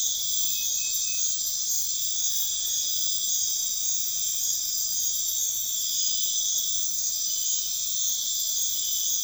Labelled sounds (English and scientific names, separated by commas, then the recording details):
none
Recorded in pastures near Puerto Asís, Putumayo, Colombia, on 4 March 2025 at 01:30
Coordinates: 0.502, -76.324
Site GP07